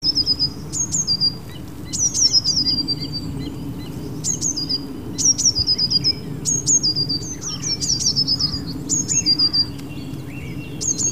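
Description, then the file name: Eurasian blue tit calling: high, thin, downslurred notes repeated in quick runs over a steady low rumble of background noise. "Cyanistes caeruleus"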